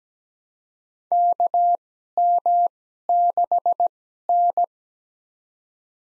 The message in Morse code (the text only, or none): KM6N